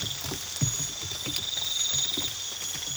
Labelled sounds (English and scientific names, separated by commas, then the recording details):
none
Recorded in pastures near Puerto Asís, Putumayo, Colombia, on 8 March 2025 at 02:00
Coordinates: 0.487, -76.322
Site G077